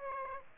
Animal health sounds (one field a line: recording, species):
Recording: mosquito wingbeat signal from an infrared sensor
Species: Aedes aegypti